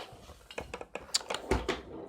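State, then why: Not seated. Plastic tools and wand sections of a Shark HZ400 corded stick vacuum with anti hair wrap are handled while being reassembled into the vacuum body after the crevice tool is shown. A series of sharp plastic taps and knocks runs from about 0.5 to 1.8 s, with the sharpest at 1.2 s and a heavier thunk at 1.5 s. Nothing has seated or clicked into place yet.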